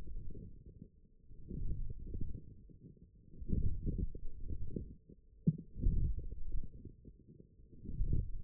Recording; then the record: forearm muscle sounds (acoustic myography)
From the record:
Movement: forearm pronation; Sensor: system 1, eight BSWA MPA416 microphones around the upper forearm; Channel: 1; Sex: male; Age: 20 years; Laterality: left